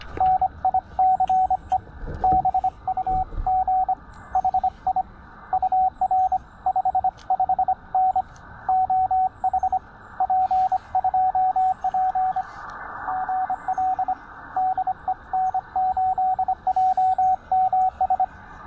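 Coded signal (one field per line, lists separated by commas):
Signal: Morse code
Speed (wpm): 26 wpm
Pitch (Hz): 750 Hz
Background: radio noise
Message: NICE BUG HI UR 55N OH P2P GL DE N8JMS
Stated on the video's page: QRP park activation at 400 milliwatts reaching England, Elecraft K2, homebrew end-fed half-wave, bug emulator.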